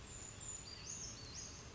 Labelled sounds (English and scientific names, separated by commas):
Brown Creeper (Certhia americana)